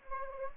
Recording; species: mosquito wingbeat signal from an infrared sensor; Anopheles gambiae